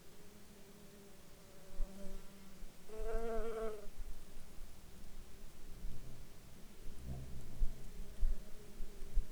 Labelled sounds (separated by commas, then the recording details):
insects
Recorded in Ivvavik National Park, Yukon, on 4 July 2019 at 15:23
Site SINP09